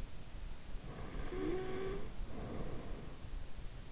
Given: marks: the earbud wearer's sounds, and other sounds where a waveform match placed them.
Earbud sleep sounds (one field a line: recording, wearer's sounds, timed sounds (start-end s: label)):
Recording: sounds in sleep by an in-ear microphone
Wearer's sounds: snoring breath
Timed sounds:
0.64-3.26 s: snoring breath